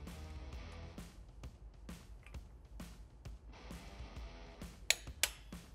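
A torque wrench tightens the opposite brake rotor bolt on the front wheel of a Harley-Davidson Sportster motorcycle, with music playing underneath. The wrench gives a sharp double click at its setting at 4.9 s and 5.2 s, and the bolt is torqued.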